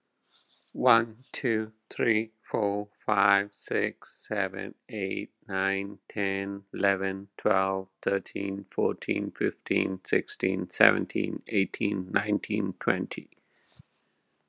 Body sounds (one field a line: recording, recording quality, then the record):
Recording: counting at a normal pace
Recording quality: excellent, no background noise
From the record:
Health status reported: exposed to COVID-19, no respiratory illness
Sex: male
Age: 53 years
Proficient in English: yes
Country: United States